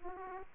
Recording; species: mosquito wingbeat signal from an infrared sensor; Aedes aegypti